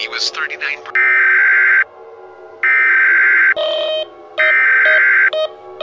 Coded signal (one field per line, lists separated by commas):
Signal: Emergency Alert System (SAME) tones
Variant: header bursts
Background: speech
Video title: EAS Scenario: Irradiated Independence (Part II)